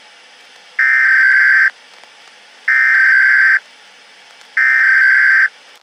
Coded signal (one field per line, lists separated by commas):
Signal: Emergency Alert System (SAME) tones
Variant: header bursts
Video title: EAS - Una prueba